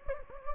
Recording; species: mosquito wingbeat signal from an infrared sensor; Anopheles gambiae